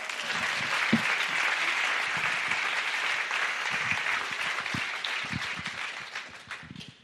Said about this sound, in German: Also gebt ihr auch nochmal einen kräftigen Applaus. Halleluja. Applaus nochmal für dich.